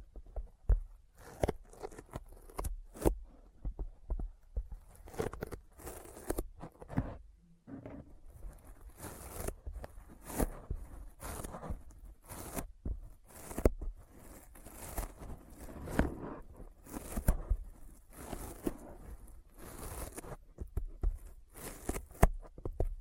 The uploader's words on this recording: ASMR Intense Sticky Finger Sounds (No Talking).